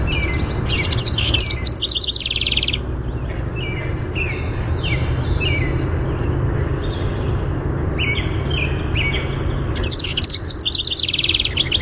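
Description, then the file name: House wren song: rapid bubbling, tumbling bursts of chattering notes at the start and again near the end, with softer scattered notes between and a steady low rumble behind. "HOWR song"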